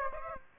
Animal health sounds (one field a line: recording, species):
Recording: mosquito wingbeat signal from an infrared sensor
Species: Aedes aegypti